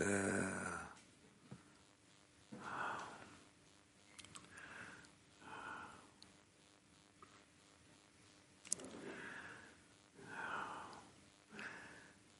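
An adult snoring, picked up incidentally by an open microphone on a translation channel: repeated snoring sounds recurring about every few seconds.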